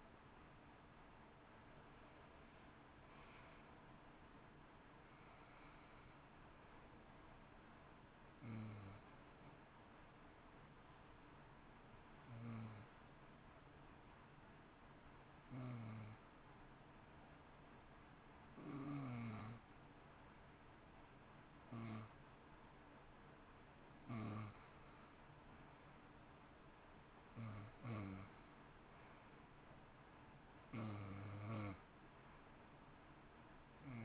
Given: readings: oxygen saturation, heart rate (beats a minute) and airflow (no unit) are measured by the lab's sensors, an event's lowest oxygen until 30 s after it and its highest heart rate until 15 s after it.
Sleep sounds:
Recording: breathing in sleep by a voice recorder at the bedside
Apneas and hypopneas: 1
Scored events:
13.00-27.70 s: hypopnea (N2, oxygen 92% highest, then 89% lowest, heart rate 58 at the start, 66 highest)
From the record:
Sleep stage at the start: N2 (light sleep)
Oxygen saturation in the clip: 89 to 92%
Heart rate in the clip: 57 to 66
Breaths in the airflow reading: 10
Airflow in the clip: -11.5 to 9.4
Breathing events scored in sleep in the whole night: 328 in 6.3 hours asleep

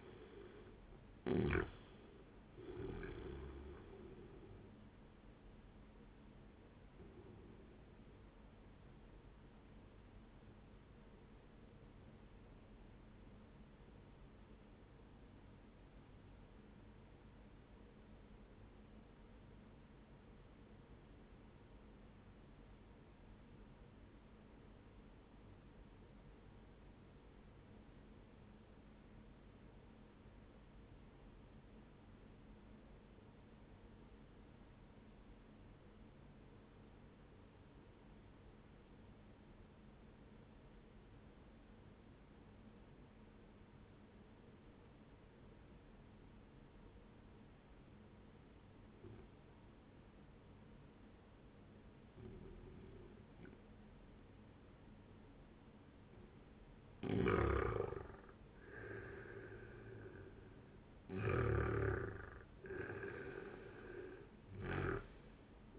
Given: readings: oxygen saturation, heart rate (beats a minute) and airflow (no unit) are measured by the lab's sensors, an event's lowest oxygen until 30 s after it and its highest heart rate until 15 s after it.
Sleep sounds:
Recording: breathing in sleep by a voice recorder at the bedside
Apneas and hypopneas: 1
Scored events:
11.00-53.00 s: obstructive apnea (N1, oxygen 97% highest, then 89% lowest, heart rate 69 at the start, 76 highest)
From the record:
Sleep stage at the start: N1 (lightest sleep)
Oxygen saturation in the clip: 88 to 97%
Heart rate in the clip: 59 to 77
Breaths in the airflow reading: 6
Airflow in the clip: -8.8 to 14.1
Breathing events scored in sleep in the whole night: 131 in 7.2 hours asleep

